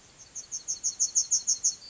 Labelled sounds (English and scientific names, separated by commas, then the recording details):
Yellowhammer (Emberiza citrinella) song
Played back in grassland
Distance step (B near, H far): C
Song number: 038